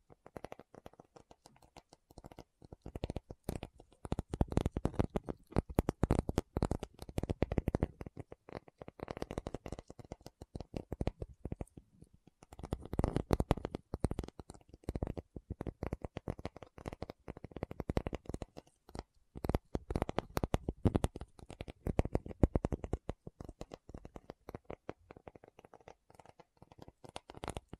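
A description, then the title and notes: Tapping session made of dense, rapid taps in quick clusters that run almost without pause. Bursts swell and thin out, with a brief lull near twelve seconds and another dip around nineteen. The taps have a dull, muffled body with some crisp clicking edges. ASMR 1 Hour Tapping Session (No Talking).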